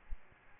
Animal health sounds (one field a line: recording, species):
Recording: mosquito wingbeat signal from an infrared sensor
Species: Aedes albopictus